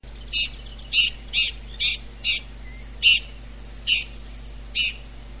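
Red-backed Shrike giving short harsh calls at uneven intervals, a series of about eight, over a steady low hum.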